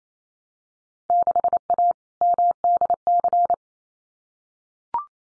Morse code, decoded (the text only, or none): 6A MDC